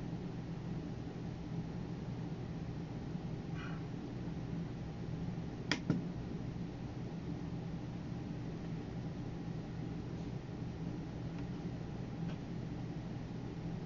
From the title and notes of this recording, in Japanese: パソコン作業中の音です。Eluに画像を出品する → メール送信など他のことを行う → eluに画像を出品する の順で行っています。